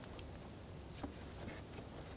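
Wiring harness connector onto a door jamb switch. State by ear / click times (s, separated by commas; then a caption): not seated / none. A wiring harness connector is handled and lined up with a new plastic door jamb switch on a 1997-2006 Jeep Wrangler. Soft, faint scraping and rubbing handling noises are heard, with no talk. The connector has not clicked or seated onto the switch yet.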